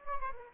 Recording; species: mosquito wingbeat signal from an infrared sensor; Aedes albopictus